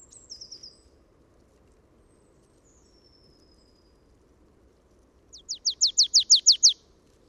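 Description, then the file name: Marsh tit calls: a short soft burst of notes, then a thin drawn-out high note, and a loud rapid series of about nine sharp notes near the end. "Poecile palustris"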